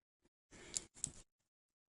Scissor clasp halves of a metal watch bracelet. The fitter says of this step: like you to hear it snap then it snaps again